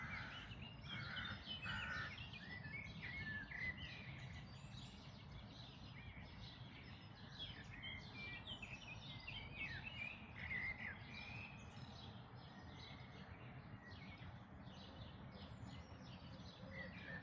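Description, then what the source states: Birds in a dawn chorus, many overlapping high chirps and warbled phrases from several singers over a steady low rumble of background noise. Dawn chorus on 1 May 2026.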